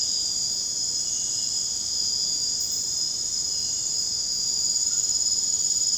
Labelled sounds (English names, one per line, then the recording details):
none
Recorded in secondary vegetation near Puerto Asís, Putumayo, Colombia, on 13 March 2025 at 00:30
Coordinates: 0.484, -76.319
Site G010